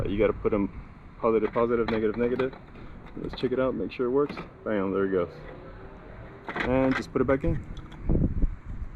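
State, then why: Seated. On an Infiniti Q50, an LED bulb socket is put back into the license plate lamp housing and twisted clockwise until it locks. Someone talks through most of the clip, and a short, sharp click at 8.1 s marks the socket seating in the housing.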